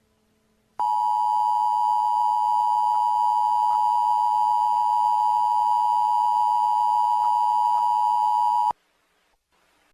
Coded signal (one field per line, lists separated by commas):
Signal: Emergency Alert System (SAME) tones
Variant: 853 and 960 Hz attention tone